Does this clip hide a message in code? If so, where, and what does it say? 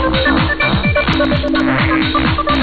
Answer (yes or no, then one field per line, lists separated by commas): no